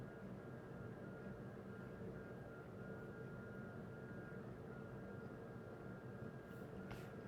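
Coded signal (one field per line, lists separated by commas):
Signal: FT8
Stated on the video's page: FT8 on 10, 12, 15, 17, 20, 30, 40 and 80 metres, trying for one contact on each band in real time.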